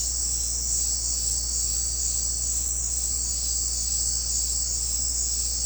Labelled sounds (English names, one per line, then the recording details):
none
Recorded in secondary vegetation near Puerto Asís, Putumayo, Colombia, on 9 March 2025 at 17:00
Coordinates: 0.484, -76.319
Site G010